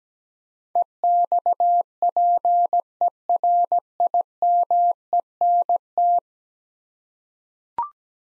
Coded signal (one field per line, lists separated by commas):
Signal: Morse code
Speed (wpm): 17 wpm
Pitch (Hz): 700 Hz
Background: none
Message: EXPERIMENT